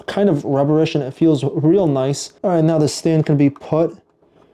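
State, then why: Not seated. Someone talks while handling a SZELAM mirror-surface digital alarm clock, whose coated body feels rubbery, before its plastic stand is pushed onto the back of the clock. The clip ends before the stand goes home, so nothing has clicked or seated into place yet.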